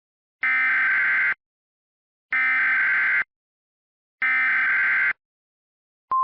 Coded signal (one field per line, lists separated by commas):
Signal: Emergency Alert System (SAME) tones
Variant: header bursts